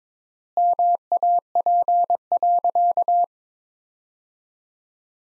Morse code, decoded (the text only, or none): MAP.